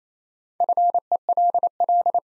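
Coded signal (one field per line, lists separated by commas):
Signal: Morse code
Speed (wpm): 28 wpm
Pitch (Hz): 700 Hz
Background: none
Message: FELL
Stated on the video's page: Practice drill at 28wpm building 6-letter words two letters at a time, for ICR training.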